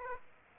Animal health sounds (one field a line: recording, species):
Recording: mosquito wingbeat signal from an infrared sensor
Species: Aedes aegypti